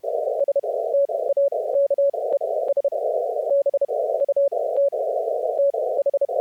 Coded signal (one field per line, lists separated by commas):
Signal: Morse code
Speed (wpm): 32 wpm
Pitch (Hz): 560 Hz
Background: none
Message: STAKES BUT TH